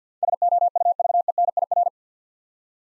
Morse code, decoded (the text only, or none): SOUVENIR